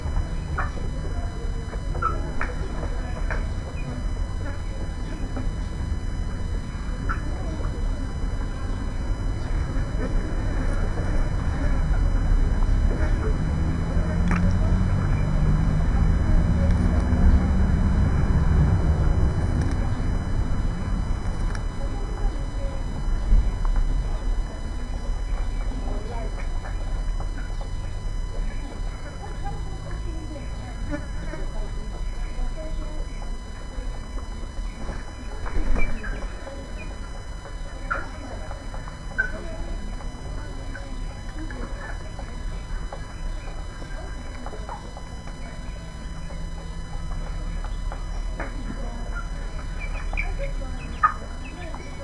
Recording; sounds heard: poultry house recording; background noise or bird activity such as feeding and pecking